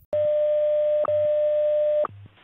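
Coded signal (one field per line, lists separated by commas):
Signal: radio time signal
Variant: WWVH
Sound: steady mid-pitched tone, briefly broken by a short tick each second, low hum beneath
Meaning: Each short tick marks one second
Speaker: Si sintoniza su receptor a WWBH, escuchará a Jim Barbe hablando con usted.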